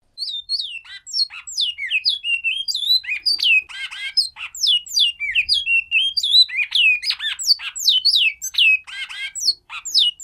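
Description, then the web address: Great-billed seed finch song: a fast, busy stream of high chirps, slurred whistles and buzzy rattles, delivered almost without pause for ten seconds. "bicudario cantos bento"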